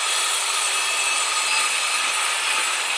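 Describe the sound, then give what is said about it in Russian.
A powerful circular saw runs steadily at full speed, a constant loud, high-pitched whine with a gritty edge and no rise or fall across the three seconds. No voices are heard. “Звук мощной дисковой пилы, работающей на максимальных оборотах.”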